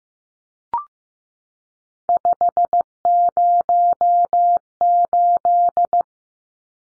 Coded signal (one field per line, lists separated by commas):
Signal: Morse code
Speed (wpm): 15 wpm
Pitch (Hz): 700 Hz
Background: none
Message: 508